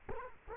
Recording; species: mosquito wingbeat signal from an infrared sensor; Culex quinquefasciatus